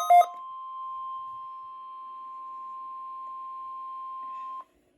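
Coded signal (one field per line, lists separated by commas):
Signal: Emergency Alert System (SAME) tones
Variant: 1050 Hz attention tone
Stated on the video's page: Required Weekly Test received on a Midland WR400 weather radio.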